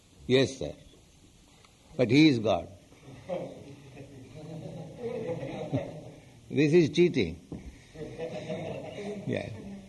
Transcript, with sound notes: "Yes, sir." But He is God. [laughter] This is cheating. Yes.